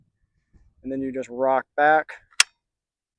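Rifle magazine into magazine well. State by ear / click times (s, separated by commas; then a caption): seated / 2.4 s. Someone talks as an AKM-style rifle magazine, hooked in by its front nub, is rocked back into the magazine well. At 2.4 s it latches with a single sharp click and locks in place.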